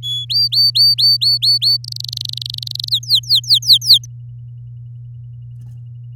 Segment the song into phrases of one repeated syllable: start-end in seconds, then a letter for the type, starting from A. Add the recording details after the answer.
0.03-0.25 A, 0.29-1.77 B, 1.84-2.89 C, 2.91-4.06 D. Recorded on 8 May 2018 at 09:17. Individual llb16